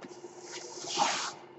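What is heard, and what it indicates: A soft airy hiss swells and fades over a steady low hum, the airflow of a home mechanical ventilator.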